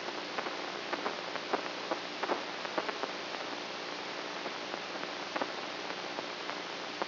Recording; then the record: brain microelectrode recording played as sound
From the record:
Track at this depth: inside the subthalamic nucleus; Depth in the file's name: 3.002 mm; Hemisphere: right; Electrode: 3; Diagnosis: Parkinson's disease